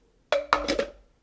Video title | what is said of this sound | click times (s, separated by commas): KitchenAid 5 Cup Food Processor Review | put the bowl on the base and slide it away from you until you hear that click to lock it in. | 0.5 s